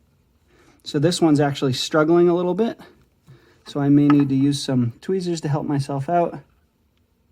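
A crimped balance-lead terminal pin with a small metal tab is being worked into a plastic connector housing for a LiPo balance lead, with tweezers about to help. Someone talks through most of the clip, and a faint brief tick comes near 7.0 s. Nothing has seated or clicked yet.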